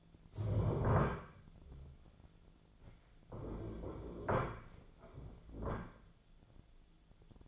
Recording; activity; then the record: daily activity, microphone in the room; stand up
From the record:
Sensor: 5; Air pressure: 1008.2 hPa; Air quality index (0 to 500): 154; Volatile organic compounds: 3 ppm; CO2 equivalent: 1486 ppm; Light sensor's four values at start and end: 59/165/64/64 and 59/165/64/64